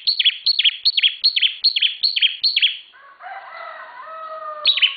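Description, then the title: Bar-winged prinia song: a steady run of sharp descending high notes about two and a half per second, interrupted by a different, softer drawn-out sound before the notes resume. Intended for training cage birds. "Suara Ciblek Semi"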